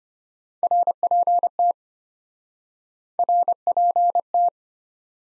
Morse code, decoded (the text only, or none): RPT RPT